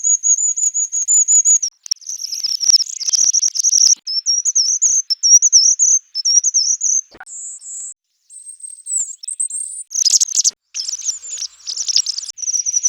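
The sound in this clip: Bird calls, a long run of high thin chirping and wavering whistled notes with short gaps, sharp clicks scattered through.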